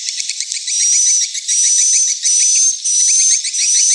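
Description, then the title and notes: Swiftlets giving fast, pulsing high chirps, joined by a thin drawn-out whistle in repeated half-second bursts. Swiftlet house lure sound of the AKAU brand, Tien Giang, Vietnam. "Am thanh nha yen Akau Vietnam - Tien giang. Những âm thanh chim yến thuộc thương hiệu AKAU"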